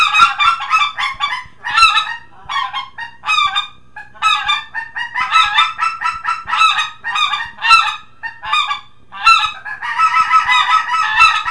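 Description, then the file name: Greater white-fronted goose giving rapid, yelping honks in bursts, nearly continuous and overlapping toward the end, with no other clear sounds. "Speckle"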